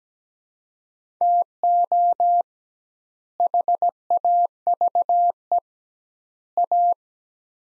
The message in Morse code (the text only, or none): TO HAVE A